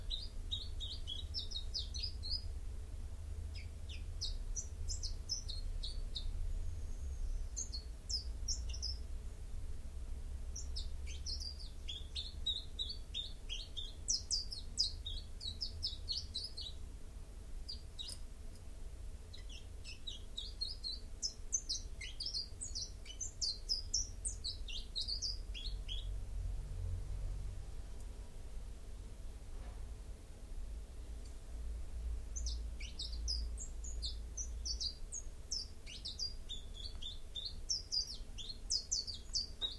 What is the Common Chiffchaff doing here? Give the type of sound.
song